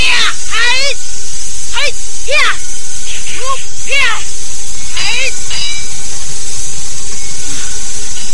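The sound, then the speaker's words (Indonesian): A giant snake hisses loudly and steadily through the whole stretch, broken every second or so by short, sweeping squeals that rise and fall in pitch. “Minggir dan menjauh kau ular jahat.”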